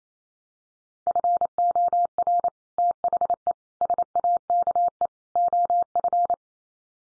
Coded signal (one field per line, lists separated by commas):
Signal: Morse code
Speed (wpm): 28 wpm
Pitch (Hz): 700 Hz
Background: none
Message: FOR THE SAKE OF